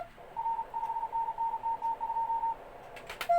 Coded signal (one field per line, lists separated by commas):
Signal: Morse code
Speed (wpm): 34 wpm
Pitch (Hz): 910 Hz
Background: none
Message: R 5NN TT2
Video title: Morse Code Receiving practice with Morse Runner.